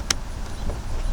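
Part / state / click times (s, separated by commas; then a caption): wiring plug into car window switch / seated / 0.1 s. The passenger-side window switch plug is pushed into its switch in the driver's door panel of a 2005 Beetle, after it had not clicked in all the way. One sharp click comes at 0.1 s over a steady low background hum. The plug is now seated, and both connectors are clicked in.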